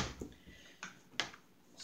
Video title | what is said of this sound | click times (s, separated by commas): SKS Basic General Maintenance | that clicked into place now that's locked | 1.2 s